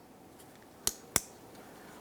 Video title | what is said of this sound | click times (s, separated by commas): How to Replace Taillight Bulb Socket 1998-2002 Lincoln Navigator | listen for a click and give it a tug to make sure it's completely secured | 0.9 s, 1.2 s